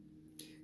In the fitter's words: it's a soft click though so the alert for that